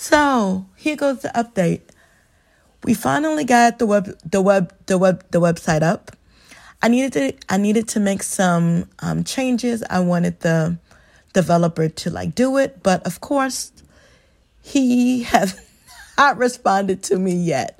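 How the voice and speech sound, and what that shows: An adult woman who stutters speaks, stumbling on words: repeated words and word parts, stretched sounds and blocked pauses, typical of stuttered speech.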